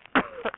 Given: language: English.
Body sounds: throat vibration sensor signal played as sound; cough

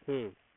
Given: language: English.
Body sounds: throat vibration sensor signal played as sound; speech

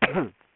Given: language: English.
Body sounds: throat vibration sensor signal played as sound; cough

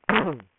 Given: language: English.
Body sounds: throat vibration sensor signal played as sound; throat clearing

